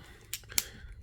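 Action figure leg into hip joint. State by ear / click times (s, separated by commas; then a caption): not seated / none. Someone presses the plastic leg peg of a Teenage Mutant Ninja Turtles IDW Shredder action figure by BST AXN The Loyal Subjects into the figure's hip socket again, making sharp plastic snaps at about 0.3 s and 0.6 s, with a faint tick at 0.5 s. The leg has not clicked into the hip joint, though nothing is broken.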